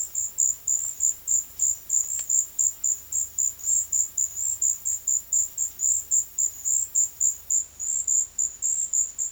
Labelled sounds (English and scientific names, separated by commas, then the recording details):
none
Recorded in secondary vegetation near Puerto Asís, Putumayo, Colombia, on 23 June 2025 at 12:00
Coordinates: 0.500, -76.326
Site GP08